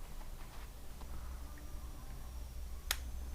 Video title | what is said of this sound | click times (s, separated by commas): A Guide To Servicing Your Loco - #askhearns | Make sure it's all lined up properly. Heard the click a little bit. | 2.9 s